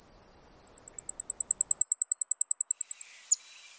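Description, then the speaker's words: Blackpoll Warbler song: a long series of very high, thin, evenly spaced ticking notes, fading at the end. Male blackpolls singing an ultra-high-pitched squeaky-wheel song from oak tops in spring. "In spring, listen for the ultra-high-pitched squeaky-wheel song of male blackpolls from oak tops anywhere."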